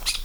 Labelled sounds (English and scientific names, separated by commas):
Brown-throated Parakeet (Eupsittula pertinax) contact call